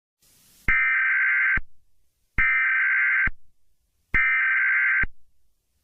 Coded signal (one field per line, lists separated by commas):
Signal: Emergency Alert System (SAME) tones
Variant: header bursts